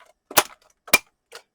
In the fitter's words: and it clicks into place and it's done.